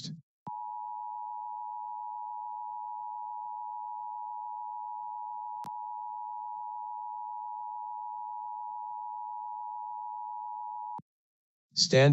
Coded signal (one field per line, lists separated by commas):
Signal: Emergency Alert System (SAME) tones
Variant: 853 and 960 Hz attention tone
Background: speech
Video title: LIVE AM/MW DX: DX Central Live - S. 3, Ep. 25 | Friday, April 14, 2023